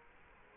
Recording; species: mosquito wingbeat signal from an infrared sensor; Culex quinquefasciatus